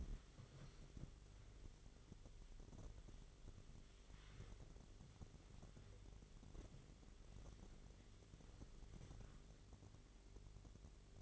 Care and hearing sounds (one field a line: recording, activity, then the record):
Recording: daily activity, microphone in the room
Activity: wipe stove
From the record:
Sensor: 4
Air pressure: 1004.0 hPa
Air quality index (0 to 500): 157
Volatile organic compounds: 2 ppm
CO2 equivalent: 1118 ppm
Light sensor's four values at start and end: 13/30/12/13 and 13/29/12/13